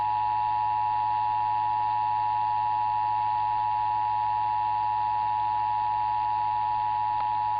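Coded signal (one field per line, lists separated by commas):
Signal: Emergency Alert System (SAME) tones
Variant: 853 and 960 Hz attention tone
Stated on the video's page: Required Monthly Tests for Los Angeles and Nevada, plus automatic Required Weekly Tests from two radio stations.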